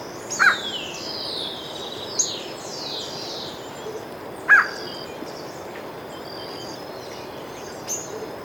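Bird calls: several thin, high descending whistles early on, with a few short sharp clicks over a steady hiss.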